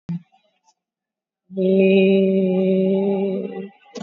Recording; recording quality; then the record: sustained vowel as in made; excellent, no background noise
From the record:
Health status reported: COVID-19 positive, moderate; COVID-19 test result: positive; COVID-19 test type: RT-PCR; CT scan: taken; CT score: 6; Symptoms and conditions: cough, cold, fever, muscle pain, loss of smell and taste, diarrhoea, hypertension, diabetes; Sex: male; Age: 67 years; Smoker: no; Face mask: worn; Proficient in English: yes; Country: India